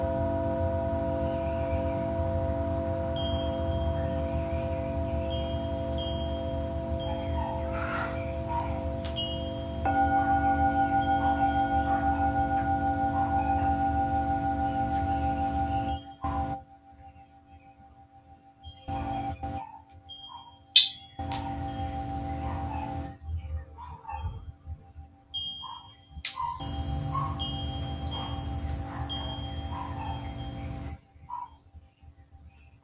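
Singing bowls hum in long, steady sustained tones over a low drone for the first half, with a fresh strike near ten seconds. After about sixteen seconds the sound breaks into gaps and softer fragments, with a sharp bright ping near twenty-one seconds and another ringing strike around twenty-six seconds.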